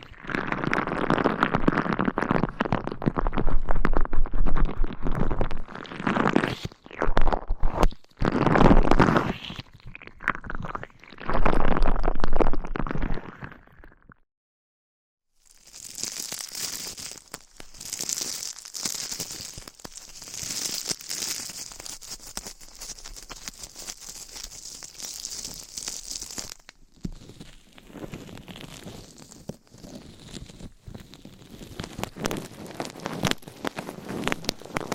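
Mic scratching and brushing, with dense rough scraping bursts for fourteen seconds, a one-second silence, then softer, hissier brushing strokes that continue steadily.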